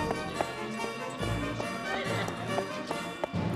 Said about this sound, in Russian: Люди расступаются перед лошадью. Верхом на лошади сквозь толпу едет Януш.